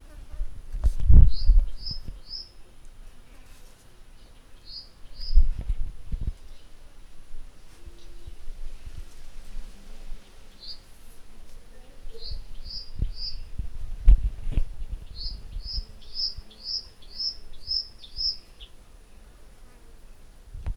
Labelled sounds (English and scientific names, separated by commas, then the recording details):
Western Black-headed Batis (Batis erlangeri)
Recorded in northern Uganda